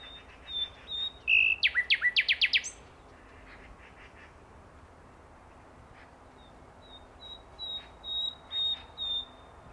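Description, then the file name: Common nightingale song: a brief whistle, then a loud fast trill of sharp repeated strokes, followed by quieter high whistled notes and soft chirps. "Luscinia megarhynchos"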